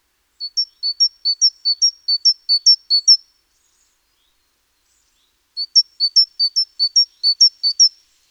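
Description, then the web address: Great tit song in two runs of about seven quick alternating low-high note pairs, a silence of roughly two seconds between runs. "SETE data Parus major"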